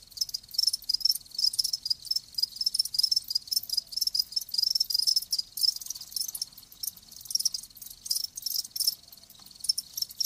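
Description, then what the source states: Crickets chirping in dense overlapping high-pitched pulses, a steady shrill trill with rapid rhythmic bursts throughout. Live crickets chirping.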